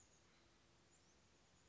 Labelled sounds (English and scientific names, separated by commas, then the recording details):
Chestnut-backed Chickadee (Poecile rufescens)
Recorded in Sonoma County, California